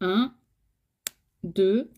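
Someone talks, then a Limelife by Alcone makeup palette lid is closed onto its palette case again in a second demonstration and snaps shut with a single sharp click at 1.1 s. Talking resumes right after, and the lid is seated closed.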